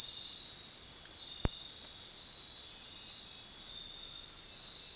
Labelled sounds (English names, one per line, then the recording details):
none
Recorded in secondary vegetation near Puerto Asís, Putumayo, Colombia, on 4 March 2025 at 03:30
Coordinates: 0.499, -76.323
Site G094